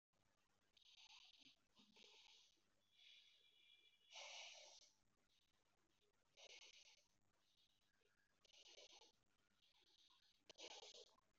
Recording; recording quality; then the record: shallow breathing; excellent, no background noise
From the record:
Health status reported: respiratory illness, not identified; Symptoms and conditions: breathing difficulty, hypertension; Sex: male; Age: 56 years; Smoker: yes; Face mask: not worn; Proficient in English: yes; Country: India